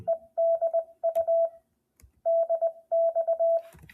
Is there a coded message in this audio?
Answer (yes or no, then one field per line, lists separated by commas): yes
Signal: Morse code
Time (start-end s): 0.1-3.6 s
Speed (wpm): 20 wpm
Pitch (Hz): 660 Hz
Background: radio noise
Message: ED U DX